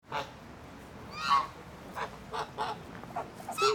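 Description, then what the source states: Goose: geese honking softly, several short nasal calls scattered throughout over a steady background hiss. A group of geese.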